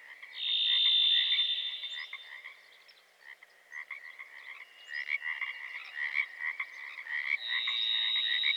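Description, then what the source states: Pacific tree frogs calling in a pulsed chorus, with a long, level whistle from another bird at the start and again at the end. General background recording in the Pacific Coast rainforest of western North America, with varied thrush.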